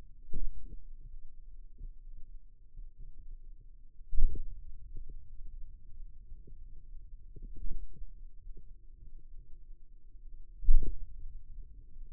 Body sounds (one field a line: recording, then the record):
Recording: forearm muscle sounds (acoustic myography)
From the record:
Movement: hand opening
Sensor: system 2, bracelet of six BSWA MPA416 microphones around the upper forearm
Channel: 2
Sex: male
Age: 22 years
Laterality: right